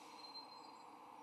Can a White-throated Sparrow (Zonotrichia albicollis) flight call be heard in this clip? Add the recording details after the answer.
no. No flight call is heard. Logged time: 05:11 on 15 November 2014